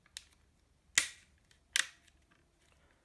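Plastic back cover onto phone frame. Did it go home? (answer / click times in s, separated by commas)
yes / 0.2 s, 1.0 s, 1.8 s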